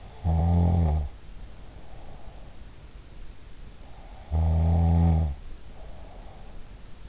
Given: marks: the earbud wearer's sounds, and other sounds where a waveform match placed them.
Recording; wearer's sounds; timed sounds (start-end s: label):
sounds in sleep by an in-ear microphone; snoring breath
0.12-2.77 s: snoring breath
4.13-7.09 s: snoring breath